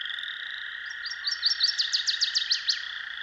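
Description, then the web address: Northern waterthrush singing a loud series, soft rising chips giving way to emphatic falling notes, against a constant humming background band. "Dan Gibson's Solitudes Songbirds. Northern Waterthrush"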